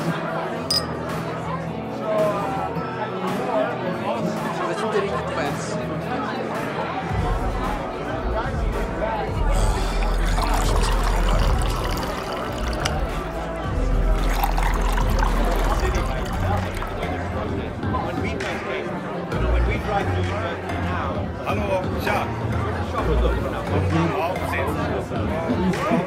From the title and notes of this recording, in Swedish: Baren. En timme sorlande barljud.